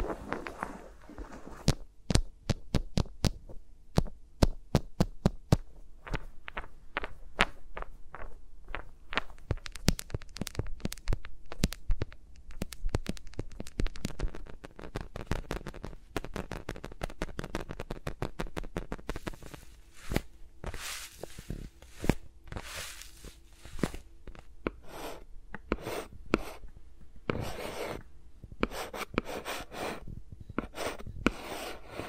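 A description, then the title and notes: Fingers rub and tap around microphones with no talking, a steady stream of sharp clicks and brushing strokes. Taps come in quick irregular bursts, denser and scratchier after about twenty seconds, with a faint low hum underneath throughout. ASMR with Mics Around My Fingers (No Talking).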